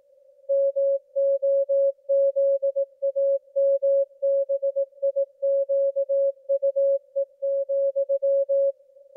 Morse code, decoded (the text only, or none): MOZAMBIQUE,